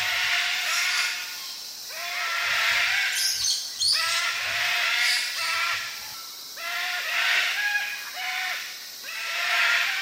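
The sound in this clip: Sulphur-crested cockatoo calls: coarse squawks and screeches in uneven bursts, with a faint low thumping heard in the background now and then.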